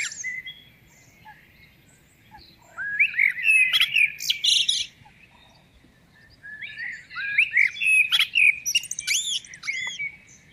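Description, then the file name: Common blackbird singing two phrases, each a mellow warbled opening followed by a high, squeaky twittering flourish, separated by a quiet pause. "Turdus merula"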